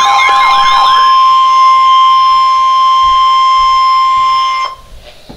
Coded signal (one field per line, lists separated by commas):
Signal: Emergency Alert System (SAME) tones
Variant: 1050 Hz attention tone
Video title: Wind Chill Warning - EAS #536